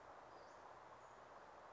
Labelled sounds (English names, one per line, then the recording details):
Western Flycatcher
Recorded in Sonoma County, California